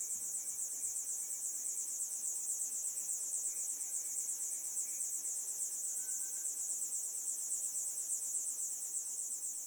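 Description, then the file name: Cicada call, a continuous high-pitched shrill buzz with fast, even pulsations holding steady throughout; faint thin tones and low thumps in the background. "bindu cicada"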